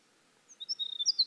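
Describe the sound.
Winter wren song fragment: high thin whistled notes and a sustained high tone, building into quick sharp notes at the end.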